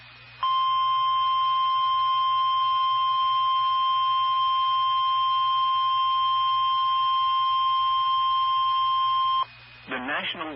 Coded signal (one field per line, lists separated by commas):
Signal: Emergency Alert System (SAME) tones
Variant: 1050 Hz attention tone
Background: speech